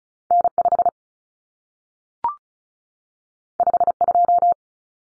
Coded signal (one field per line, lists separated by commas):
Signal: Morse code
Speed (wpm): 36 wpm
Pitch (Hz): 700 Hz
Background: none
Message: N5 52